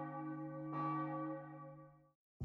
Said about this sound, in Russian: Колокол звонит.